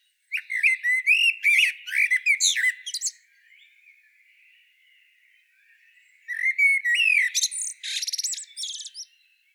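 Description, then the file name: Common blackbird singing two phrases about six seconds apart, each opening with mellow warbled whistles and ending in a rapid, squeaky high twitter, with a quiet pause between. "Turdus merula"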